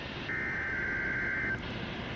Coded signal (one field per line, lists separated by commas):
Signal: Emergency Alert System (SAME) tones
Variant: header bursts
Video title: EAS #644-646: Required Weekly Test